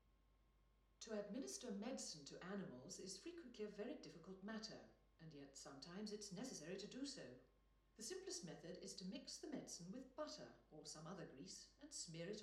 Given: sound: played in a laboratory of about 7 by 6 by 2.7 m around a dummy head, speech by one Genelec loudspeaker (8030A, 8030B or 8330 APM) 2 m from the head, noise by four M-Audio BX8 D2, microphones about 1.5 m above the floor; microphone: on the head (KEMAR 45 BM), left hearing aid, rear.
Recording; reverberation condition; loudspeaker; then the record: female speech in English; medium; 150 degrees to the left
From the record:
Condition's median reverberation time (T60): about 510 ms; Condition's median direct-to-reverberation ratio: about -0.5 dB